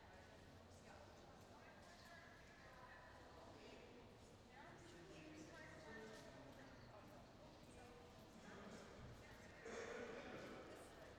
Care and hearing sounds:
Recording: everyday scene through a hearing-aid microphone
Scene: reverberant space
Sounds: background noise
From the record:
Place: railway station hall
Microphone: in the ear canal, left

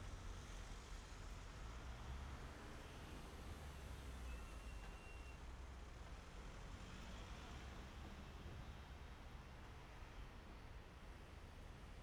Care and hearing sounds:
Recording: everyday scene through a hearing-aid microphone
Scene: in traffic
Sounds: traffic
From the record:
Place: main city hub, rush hour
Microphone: behind the ear, right, front

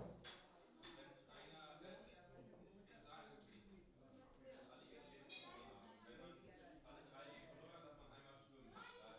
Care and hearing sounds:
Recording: everyday scene through a hearing-aid microphone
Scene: many people talking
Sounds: many voices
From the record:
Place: parish hall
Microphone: in the ear canal, left

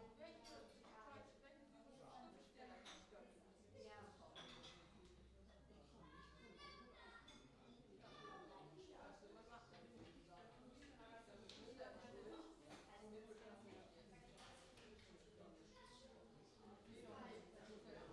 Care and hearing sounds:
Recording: everyday scene through a hearing-aid microphone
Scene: many people talking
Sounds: many voices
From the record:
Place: parish hall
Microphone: in the ear canal, left

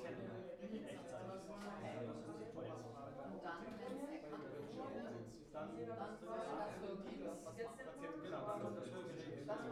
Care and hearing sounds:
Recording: everyday scene through a hearing-aid microphone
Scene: many people talking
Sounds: many voices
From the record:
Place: bistro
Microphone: behind the ear, left, rear

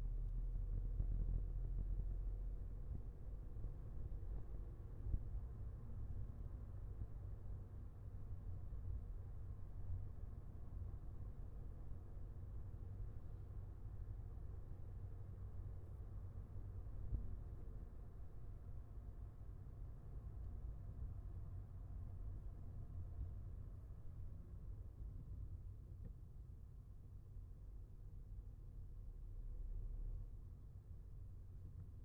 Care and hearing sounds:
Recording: everyday scene through a hearing-aid microphone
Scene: in a vehicle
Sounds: engine, highway driving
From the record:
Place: Skoda Fabia, gasoline engine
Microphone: behind the ear, left, front

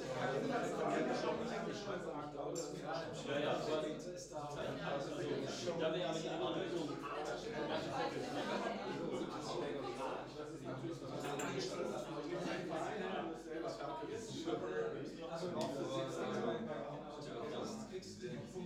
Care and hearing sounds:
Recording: everyday scene through a hearing-aid microphone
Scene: many people talking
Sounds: many voices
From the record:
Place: bistro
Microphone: in the ear canal, left

